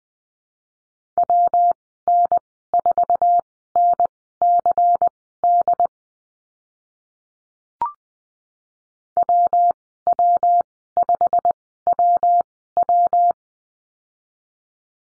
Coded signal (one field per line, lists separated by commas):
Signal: Morse code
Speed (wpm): 20 wpm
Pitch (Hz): 700 Hz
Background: none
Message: WN4NCD WW5WW